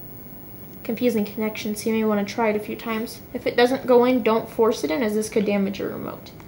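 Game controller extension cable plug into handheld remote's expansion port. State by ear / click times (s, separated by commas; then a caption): not seated / none. The plastic plug of a Nunchuk cable is handled near the expansion port on the bottom of a Wii Remote while someone talks throughout. There is only a faint sound at 0.6 s. Nothing has seated or clicked yet.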